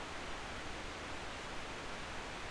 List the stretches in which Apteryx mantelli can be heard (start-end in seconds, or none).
none